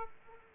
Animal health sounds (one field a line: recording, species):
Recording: mosquito wingbeat signal from an infrared sensor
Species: Aedes aegypti